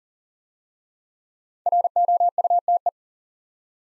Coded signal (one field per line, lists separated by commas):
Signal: Morse code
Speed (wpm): 42 wpm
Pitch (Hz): 700 Hz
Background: none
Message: ROUTE